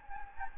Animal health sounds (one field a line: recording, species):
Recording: mosquito wingbeat signal from an infrared sensor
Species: Anopheles gambiae